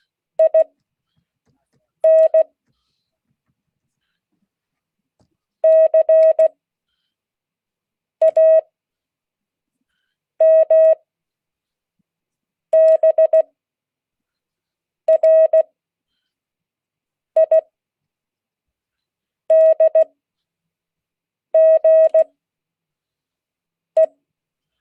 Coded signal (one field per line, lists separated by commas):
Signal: Morse code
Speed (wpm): 16 wpm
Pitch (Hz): 640 Hz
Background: none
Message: IN CAMBRIDGE